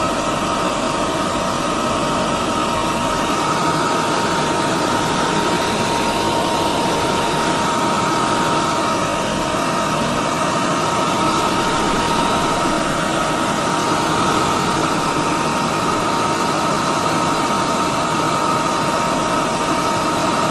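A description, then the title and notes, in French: A hand dryer blows with a steady, dense roar from start to finish, carrying a constant whine and a low rumble underneath. Sèche-mains.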